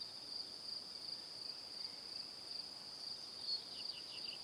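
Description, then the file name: Cricket chorus as a continuous high shrill band, with a few brief chirps standing out near the end. Evening. "Calm - Evening Crickets"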